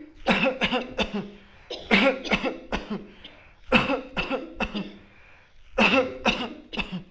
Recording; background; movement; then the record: voluntary coughing; a bystander coughing; sitting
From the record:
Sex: male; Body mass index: 20.6 kg/m2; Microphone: on the chest, facing the body